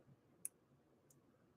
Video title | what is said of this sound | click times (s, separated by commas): PART 2 -..Schmetz Double Eye Needle used on a RARE 1963 Husqvarna Viking 19E owned by Michelle! | until you hear it kind of click in place and what I might have to do now is because | 0.5 s